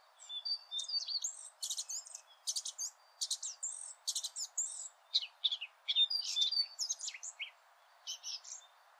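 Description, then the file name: Eurasian blackcap giving a rapid run of scratchy, chattering warble notes with quick buzzy elements and occasional slurred whistles. "Sylvia atricapilla"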